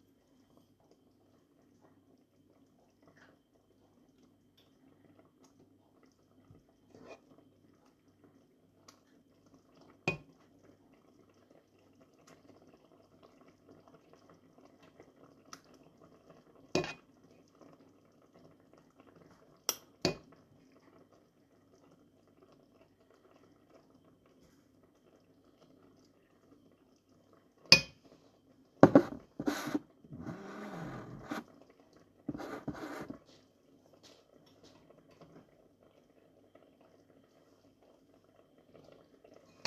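Onions fry with a steady low simmering hum, broken by sparse sharp clicks and a busy burst of clattering utensils near the end.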